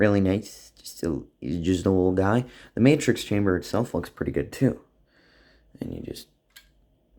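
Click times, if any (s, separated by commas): 6.6 s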